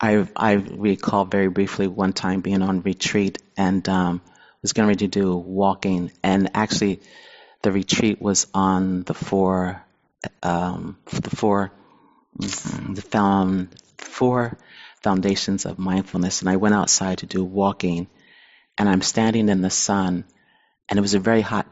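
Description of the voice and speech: An adult man speaks with stuttering: prolonged sounds, repeated words such as "the four" and "foundations", and long pauses and blocks partway through phrases. He calls himself a stutterer.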